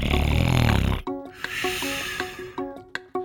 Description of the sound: A ventilator is a machine that helps people breathe. Some people use ventilators when they're sick, but other people use ventilators every day, like to help them breathe while they sleep. A ventilator helps push air in and pull air back out.